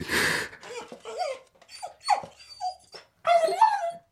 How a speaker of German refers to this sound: Er legt sich zu meinen Füßen nieder, wie zum Schlafen, winselt und ist tot.